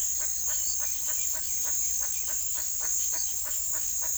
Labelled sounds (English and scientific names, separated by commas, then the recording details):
Speckled Chachalaca (Ortalis guttata)
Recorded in secondary vegetation near Puerto Asís, Putumayo, Colombia, on 20 February 2024 at 17:30
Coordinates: 0.500, -76.326
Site G6428